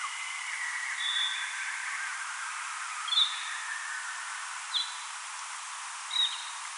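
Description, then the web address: Spotted flycatcher song, slowed: four sharp, thin high notes about one and a half seconds apart over a soft hiss and faint lower chatter. Recorded 4 June 2025; played back at half speed. "paivat 4 6 2025 harmaasiepon laulua puolella nopeudella"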